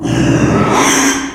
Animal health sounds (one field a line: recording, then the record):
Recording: squeal of a Yucatan mini pig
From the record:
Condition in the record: after surgery on the right vocal fold (resection and tissue-engineered implant)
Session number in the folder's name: 3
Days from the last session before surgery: 33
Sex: male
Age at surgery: 12 weeks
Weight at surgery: 13 kg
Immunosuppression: cyclosporine, prednisolone